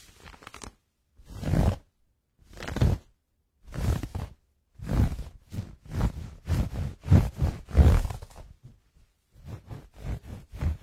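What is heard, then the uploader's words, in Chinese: Soft fabric of close-fitting pajamas rubs and brushes in a series of short, breathy swishes. The strokes come roughly every second, separated by brief silences at first, then grow quicker and more continuous near the middle before thinning out again toward the end. 摩擦贴身睡衣。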